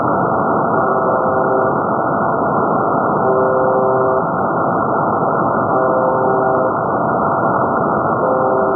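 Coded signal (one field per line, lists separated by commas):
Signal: channel marker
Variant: UVB-76 (The Buzzer)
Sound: heavy radio hiss with four faint, roughly one-second buzzes about every 2.5 seconds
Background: radio static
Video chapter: 00:00 04.625Mhz USB ~ Russian Military Buzzer UVB-76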